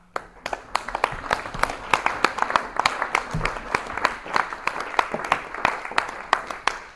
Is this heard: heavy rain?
no